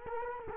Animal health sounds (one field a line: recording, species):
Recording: mosquito wingbeat signal from an infrared sensor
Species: Culex quinquefasciatus